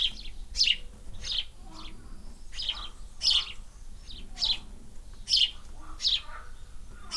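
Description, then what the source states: Swallow calls: rapid chattering chirps, often doubled, tumbling one after another over a soft background hum. Nest in an air vent.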